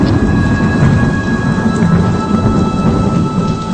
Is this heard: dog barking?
no